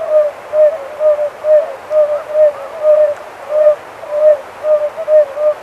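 Oriental fire-bellied toad: soft, tonal 'oo' notes in quick succession.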